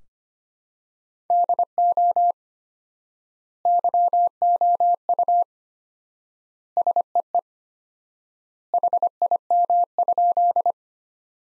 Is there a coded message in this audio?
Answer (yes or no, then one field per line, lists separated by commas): yes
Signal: Morse code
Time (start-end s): 1.3-10.7 s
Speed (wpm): 25 wpm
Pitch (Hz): 700 Hz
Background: none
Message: DO YOU SEE HIM?